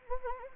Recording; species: mosquito wingbeat signal from an infrared sensor; Anopheles gambiae